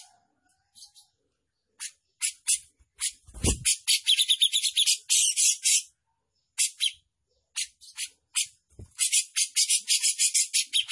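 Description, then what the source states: Grey-cheeked bulbul in lively song, scattered raspy notes building into dense, rapid chattering runs, with two dull thumps. Gacor bird, in continuous lively song, described as mewah mbeset ngepik.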